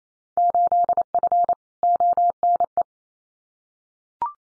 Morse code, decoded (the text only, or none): 8F ONE